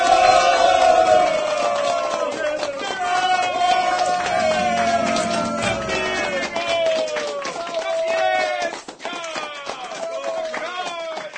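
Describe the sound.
An audience applauds as Piotr Gadzinowski is introduced, with dense, steady clapping and loud cheering and shouting voices for about eleven seconds, the noise dipping briefly near the end before swelling again.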